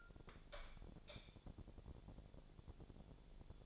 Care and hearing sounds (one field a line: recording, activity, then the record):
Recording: daily activity, microphone in the room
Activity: light on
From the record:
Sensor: 5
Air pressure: 1000.2 hPa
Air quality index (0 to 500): 100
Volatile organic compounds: 1 ppm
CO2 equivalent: 814 ppm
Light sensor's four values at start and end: 230/545/234/259 and 232/550/236/262